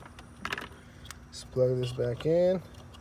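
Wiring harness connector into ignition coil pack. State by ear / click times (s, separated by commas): not seated / none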